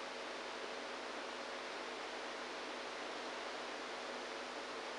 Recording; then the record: brain microelectrode recording played as sound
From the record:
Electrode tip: inside the subthalamic nucleus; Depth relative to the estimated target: -2 mm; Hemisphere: right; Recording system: NeuroSet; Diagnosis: Parkinson's disease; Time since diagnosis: 27 years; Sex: male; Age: 62 years